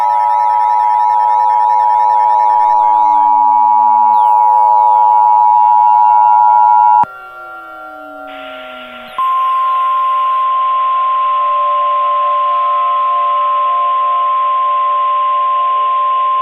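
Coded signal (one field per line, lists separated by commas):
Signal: Emergency Alert System (SAME) tones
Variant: 853 and 960 Hz attention tone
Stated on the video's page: Fictional EAS scenario, not a real alert.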